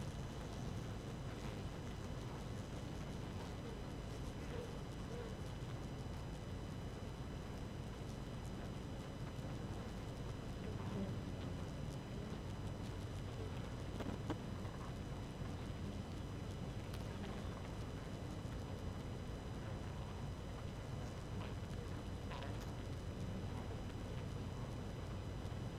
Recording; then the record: honeybee colony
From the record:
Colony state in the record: active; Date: 12 June 2018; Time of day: 4:12